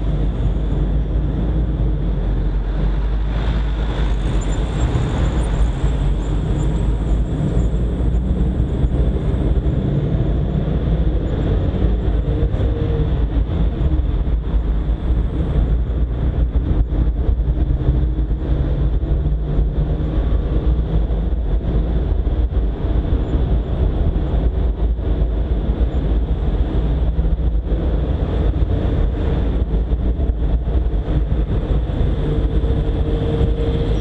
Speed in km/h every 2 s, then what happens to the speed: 0, 0, 1, 9, 12, 17, 20, 22, 24, 26, 28, 28, 29, 31, 31, 33, 37.
0-4 standing. 4-34 pulls away to 37.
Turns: none.